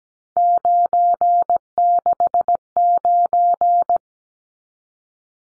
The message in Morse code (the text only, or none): 969